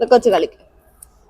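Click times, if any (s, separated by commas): 1.0 s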